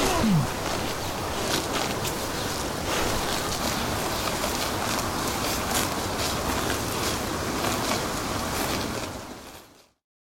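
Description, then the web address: Cattle: cows munching: steady crunching and rustling chewing sounds throughout, with a brief low vocal note at the start before fading out. Cows feeding. "Ian Hubball Cows Feeding"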